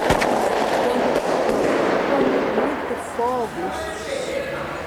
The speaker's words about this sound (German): Viele Schüsse bedeuten, es wird gefährlich. Das muss schon die Bundespolizei sein, die anrückt. Das sind nicht irgendwelche Polizisten. Der Feind ist im Anmarsch.